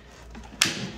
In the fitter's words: So after you hear the click sound, this is ready for use.